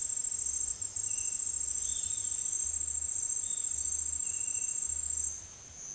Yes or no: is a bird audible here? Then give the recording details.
yes. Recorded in secondary vegetation near Puerto Asís, Putumayo, Colombia, on 30 June 2025 at 10:30. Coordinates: 0.485, -76.322. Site GP06